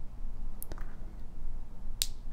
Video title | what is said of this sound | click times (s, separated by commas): Ear Gear setup ReSound LiNX3D | that back up and you hear a little click now | 2.0 s